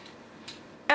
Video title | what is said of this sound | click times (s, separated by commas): Transformers WFC Road Rage - GotBot True Review NUMBER 924 | push the torso back in and it should snap into place | 0.5 s, 0.9 s